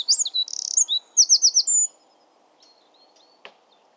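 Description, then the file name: Eurasian wren song: quick high notes, a fast trill, then looping notes, followed by near silence and a single sharp click. "Troglodytes troglodytes"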